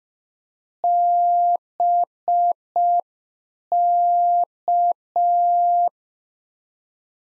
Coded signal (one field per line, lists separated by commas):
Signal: Morse code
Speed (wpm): 5 wpm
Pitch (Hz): 700 Hz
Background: none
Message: BK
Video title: Practice QSO - Complete One-Sided - 5wpm